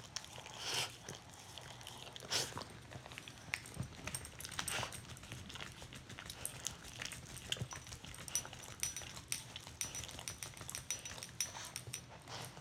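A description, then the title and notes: Dogs lick and groom each other, making a steady run of soft wet smacks and slurps that repeat irregularly throughout. Brighter, louder licks stand out near the start and around the second and fifth seconds, over a low constant rumble. Dogs showing each other affection by cleaning each other.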